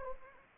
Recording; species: mosquito wingbeat signal from an infrared sensor; Anopheles gambiae